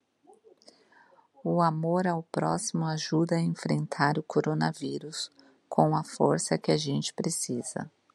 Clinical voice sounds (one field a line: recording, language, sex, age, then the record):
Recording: spoken sentence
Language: Brazilian Portuguese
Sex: female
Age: 40 to 49 years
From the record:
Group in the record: control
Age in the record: 40 years